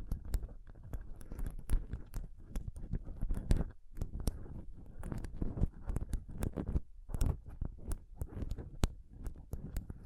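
Intense scratching and touching on a microphone, a dense run of rough, crackling rubs and sharp taps with little pause. Sharp clicks flash bright and high over a constant low rumble, with two brief near-silent gaps around four and seven seconds.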